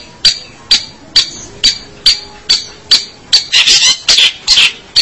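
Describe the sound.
Long-tailed shrike giving sharp clicking notes at a steady pace, followed by a few harsh, grating rasps.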